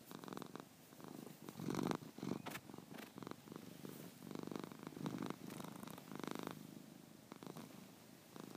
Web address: Cats Baby